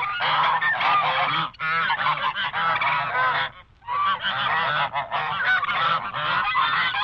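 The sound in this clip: Geese and ducks calling together: dense harsh honking nearly without break, with a short lull or two.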